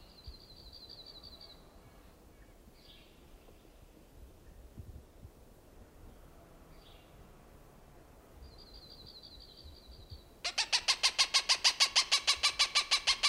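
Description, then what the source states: Cooper's hawk breaks in near the end with a loud, fast series of harsh kak notes, following quiet high, buzzy trills. Recorded June 21, 1995.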